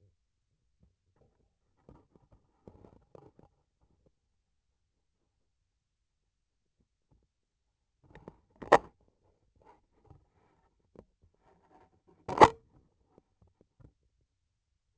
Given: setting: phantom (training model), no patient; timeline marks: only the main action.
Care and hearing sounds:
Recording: laparoscopic instrument, vibration sensor on the handle end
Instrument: scissors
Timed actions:
12.19-12.69 s: cutting PTFE tape
From the record:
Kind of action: gesture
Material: PTFE tape

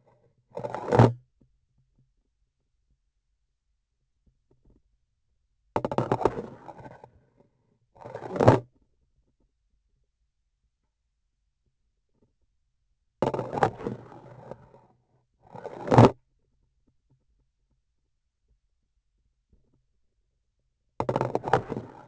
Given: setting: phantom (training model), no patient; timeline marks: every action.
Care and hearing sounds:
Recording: laparoscopic instrument, vibration sensor on the handle end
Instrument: grasping forceps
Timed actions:
0.50-1.34 s: removal through the trocar
5.72-7.09 s: insertion through the trocar
7.90-8.71 s: removal through the trocar
13.20-14.93 s: insertion through the trocar
15.37-16.19 s: removal through the trocar
20.96-22.07 s: insertion through the trocar
From the record:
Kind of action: spatial motion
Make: other than Olympus

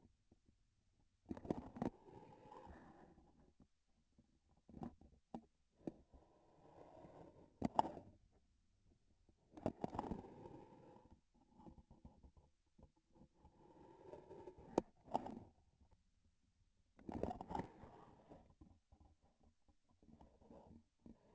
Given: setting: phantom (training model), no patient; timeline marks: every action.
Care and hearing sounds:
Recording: laparoscopic instrument, vibration sensor on the handle end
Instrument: grasping forceps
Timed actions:
1.20-1.99 s: releasing tissue
7.52-8.22 s: grasping tissue
9.37-10.30 s: releasing tissue
14.91-15.69 s: grasping tissue
16.86-17.89 s: releasing tissue
From the record:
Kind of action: gesture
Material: synthetic tissue

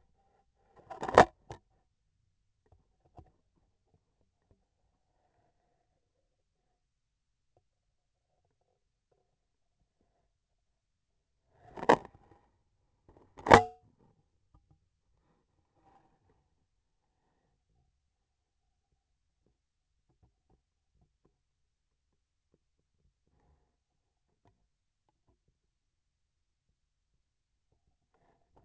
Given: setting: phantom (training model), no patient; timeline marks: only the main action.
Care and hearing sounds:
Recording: laparoscopic instrument, vibration sensor on the handle end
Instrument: scissors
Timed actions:
0.52-1.43 s: cutting thread
13.01-13.99 s: cutting thread
From the record:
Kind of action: gesture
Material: cotton thread

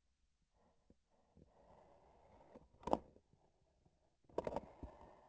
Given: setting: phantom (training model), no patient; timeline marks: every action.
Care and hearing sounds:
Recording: laparoscopic instrument, vibration sensor on the handle end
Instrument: grasping forceps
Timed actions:
2.68-3.13 s: grasping tissue
From the record:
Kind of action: gesture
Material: synthetic tissue

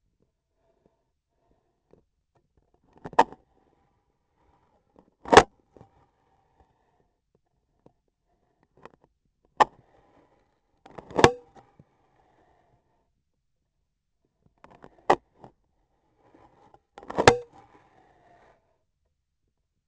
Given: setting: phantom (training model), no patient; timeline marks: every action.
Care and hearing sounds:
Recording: laparoscopic instrument, vibration sensor on the handle end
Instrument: scissors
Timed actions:
2.82-3.52 s: scissors opening
5.12-5.59 s: cutting foam
9.50-9.86 s: scissors opening
10.80-11.74 s: cutting foam
14.56-15.58 s: scissors opening
16.89-17.54 s: cutting foam
From the record:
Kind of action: gesture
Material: foam

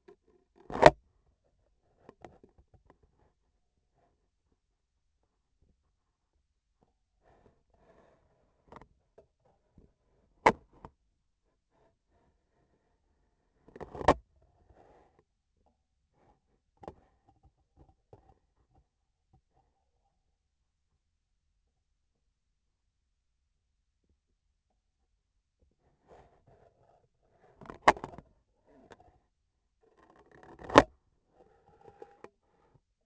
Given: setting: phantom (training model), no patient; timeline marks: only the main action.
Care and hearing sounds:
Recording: laparoscopic instrument, vibration sensor on the handle end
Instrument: scissors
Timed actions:
0.50-1.06 s: cutting thread
13.57-14.24 s: cutting thread
29.79-31.02 s: cutting thread
From the record:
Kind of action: gesture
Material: cotton thread

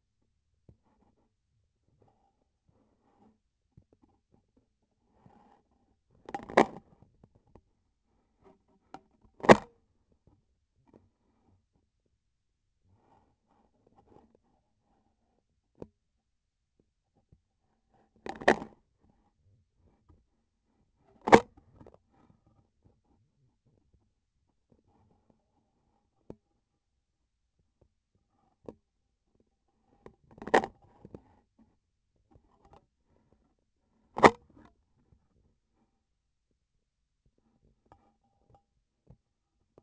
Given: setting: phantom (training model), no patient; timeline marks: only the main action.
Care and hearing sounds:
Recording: laparoscopic instrument, vibration sensor on the handle end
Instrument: scissors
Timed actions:
9.32-9.86 s: cutting PTFE tape
21.18-21.50 s: cutting PTFE tape
34.08-34.48 s: cutting PTFE tape
From the record:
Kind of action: gesture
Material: PTFE tape

